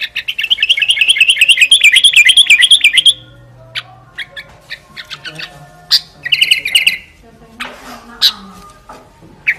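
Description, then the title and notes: Sooty-headed bulbul song: a rapid rippling trill of whistled notes for about three seconds, then scattered sharp chips and brief chattering phrases after a pause. Recording made for training other songbirds by imitation (masteran). "suara burung kutilang buat masteran"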